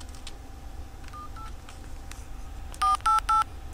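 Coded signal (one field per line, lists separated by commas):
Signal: DTMF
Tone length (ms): 140 ms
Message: 8 488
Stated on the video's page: Tones from a Casio Quickdialler 50 calculator with built-in phone dialler.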